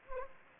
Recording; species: mosquito wingbeat signal from an infrared sensor; Anopheles gambiae